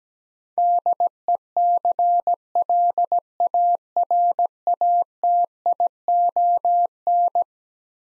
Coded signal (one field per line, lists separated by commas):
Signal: Morse code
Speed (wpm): 17 wpm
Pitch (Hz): 700 Hz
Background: none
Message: DECLARATION